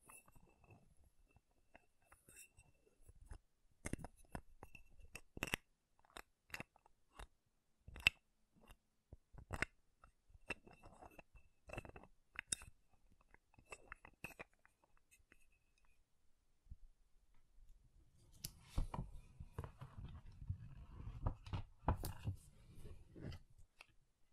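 Makeup containers are tapped and scratched in quick, irregular sharp clicks, some louder than others, scattered through the first sixteen seconds with a faint thin tone underneath. After a brief pause, denser rough scratching with a low rumbling texture fills the last several seconds.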